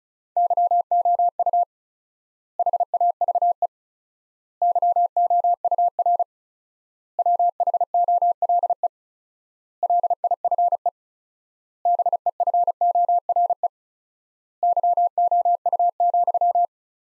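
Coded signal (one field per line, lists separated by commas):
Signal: Morse code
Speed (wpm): 36 wpm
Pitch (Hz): 700 Hz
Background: none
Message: YOU HAVE YOUR WHOLE LIFE BEFORE YOU,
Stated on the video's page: Morse practice of sentences built from the top 400 words, sent at 35 wpm with 4x standard word spacing, a Farnsworth-like method applied to words.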